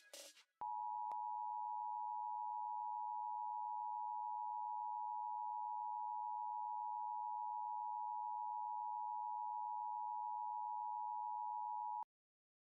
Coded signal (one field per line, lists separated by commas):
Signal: Emergency Alert System (SAME) tones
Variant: 853 and 960 Hz attention tone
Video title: LIVE AM/MW DX: DX Central Live - S. 4, Ep. 9 | Friday, March 8, 2024